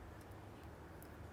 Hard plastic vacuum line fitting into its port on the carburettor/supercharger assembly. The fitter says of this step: But we've got a nice bend in there now, and this can click into place.